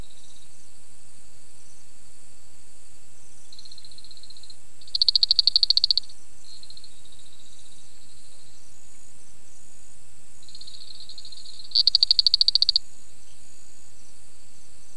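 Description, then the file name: Banded spiny reed frog calling: two bursts of rapid high clicking pulses about seven seconds apart, with a softer high buzzing insect-like tone between and around them. "Afrixalus vittiger"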